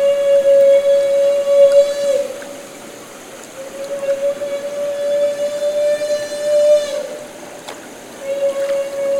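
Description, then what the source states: Humpback whale feeding call: a loud, steady, horn-like tone rich in harmonics, held for several seconds, breaking briefly and resuming, over a hiss of moving water. Recorded during bubble-net feeding.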